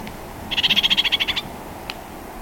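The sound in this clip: Yellow-fronted parakeet chatter: a fast, even burst of many harsh notes lasting under a second, followed by a single sharp click, with faint background hiss.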